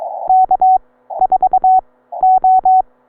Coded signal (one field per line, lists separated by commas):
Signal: Morse code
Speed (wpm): 22 wpm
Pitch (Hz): 750 Hz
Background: none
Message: K4O